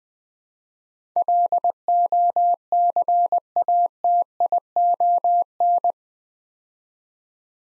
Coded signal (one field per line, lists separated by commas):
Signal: Morse code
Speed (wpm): 20 wpm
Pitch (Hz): 700 Hz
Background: none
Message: LOCATION